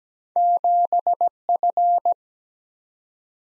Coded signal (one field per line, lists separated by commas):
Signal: Morse code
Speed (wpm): 17 wpm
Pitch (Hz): 700 Hz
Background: none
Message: 7 F